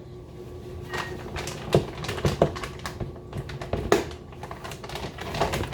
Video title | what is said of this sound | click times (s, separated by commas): Beermkr First Brew - Squeaky Kolsch | all right got that clicked | 3.9 s